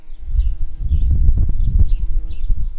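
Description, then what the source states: Garden bumblebee buzzing: a steady droning hum with even overtones, broken by rough low rumbling thumps that rise and fall throughout. Worker bumblebees of the species Bombus hortorum.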